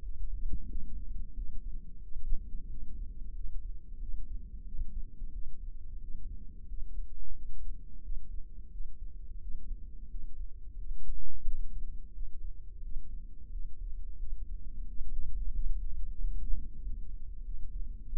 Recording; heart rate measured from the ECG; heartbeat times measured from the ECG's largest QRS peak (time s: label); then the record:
heart sounds by microphone in the left ear; 90 bpm
0.04 s: heartbeat
0.70 s: heartbeat
1.37 s: heartbeat
2.04 s: heartbeat
2.71 s: heartbeat
3.37 s: heartbeat
4.02 s: heartbeat
4.67 s: heartbeat
5.35 s: heartbeat
6.03 s: heartbeat
6.70 s: heartbeat
7.37 s: heartbeat
8.05 s: heartbeat
8.73 s: heartbeat
9.43 s: heartbeat
10.12 s: heartbeat
10.79 s: heartbeat
11.47 s: heartbeat
12.16 s: heartbeat
12.85 s: heartbeat
13.53 s: heartbeat
14.21 s: heartbeat
14.89 s: heartbeat
15.57 s: heartbeat
16.22 s: heartbeat
16.85 s: heartbeat
17.47 s: heartbeat
18.08 s: heartbeat
From the record:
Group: healthy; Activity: rest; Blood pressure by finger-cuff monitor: 152/95 mmHg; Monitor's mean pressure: 114 mmHg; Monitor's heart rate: 90 bpm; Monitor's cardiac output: 7.1 L/min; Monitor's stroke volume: 80 mL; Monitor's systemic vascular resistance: 1200 dyn s/cm5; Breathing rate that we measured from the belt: 18 breaths a minute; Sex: male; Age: 21 years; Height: 175 cm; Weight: 72.6 kg